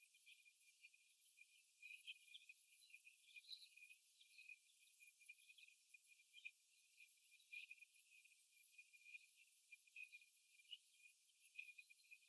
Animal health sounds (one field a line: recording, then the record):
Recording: young laying hens in a cage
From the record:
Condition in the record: after the stressor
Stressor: simulated dog barking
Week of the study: 1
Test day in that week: 1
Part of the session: 3